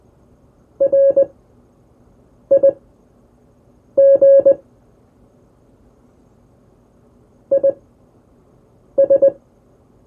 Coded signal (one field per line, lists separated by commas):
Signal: Morse code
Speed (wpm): 20 wpm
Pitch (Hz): 550 Hz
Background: none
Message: RIG IS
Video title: Anatomy of a CW QSO